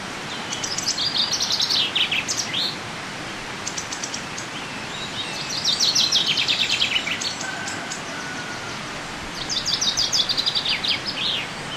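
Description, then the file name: Common chaffinch repeating cascading trilled song phrases three times, each ending in a flourish, with a faint whistle between the second and third phrases, over steady background noise. "Fringilla coelebs"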